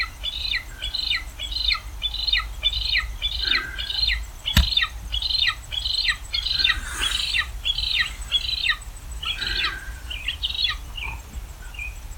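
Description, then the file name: Wedge-tailed eagle uttering repeated high, thin, descending yelps in a steady chain, with one sharp click midway and a soft background hiss. "Aquila Audax"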